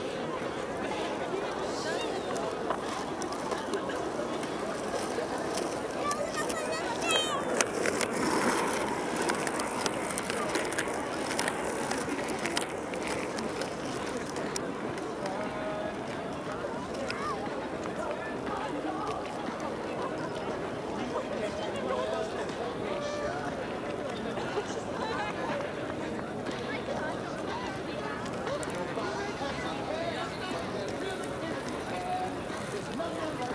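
Hundreds of people go about their activities on the Tempelhofer Freiheit in Berlin, a steady blur of many overlapping voices. Wheels roll and rattle through the crowd, possibly skateboards, with a louder, brighter stretch around seconds 7 to 10 before the murmur settles again.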